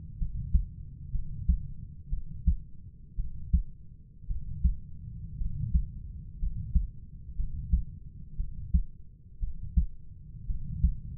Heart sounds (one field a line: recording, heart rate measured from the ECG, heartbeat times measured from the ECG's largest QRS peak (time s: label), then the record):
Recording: heart sounds by stethoscope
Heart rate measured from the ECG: 58 bpm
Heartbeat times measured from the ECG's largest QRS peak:
0.18 s: heartbeat
1.11 s: heartbeat
2.10 s: heartbeat
3.16 s: heartbeat
4.27 s: heartbeat
5.38 s: heartbeat
6.39 s: heartbeat
7.36 s: heartbeat
8.37 s: heartbeat
9.40 s: heartbeat
10.47 s: heartbeat
From the record:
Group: healthy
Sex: male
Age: 25 years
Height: 170 cm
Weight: 70.4 kg